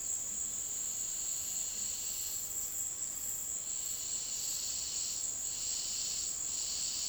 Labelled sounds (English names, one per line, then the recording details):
none
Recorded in secondary vegetation near Puerto Asís, Putumayo, Colombia, on 19 February 2024 at 16:00
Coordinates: 0.468, -76.324
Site G6381